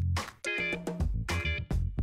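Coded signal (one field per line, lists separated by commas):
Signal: none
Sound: music beeps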